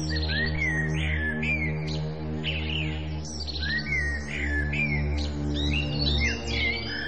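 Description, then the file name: Bird chirps, quick upslurred and downslurred whistled notes repeated in scattered clusters, layered over a steady low musical drone and held tones. "naturelax birds"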